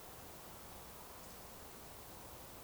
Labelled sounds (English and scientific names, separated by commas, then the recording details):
Eurasian Woodcock (Scolopax rusticola) whistle
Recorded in Baden-Württemberg, Germany, on 12 June 2020 at 20:22 UTC
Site 43791, 788 m above sea level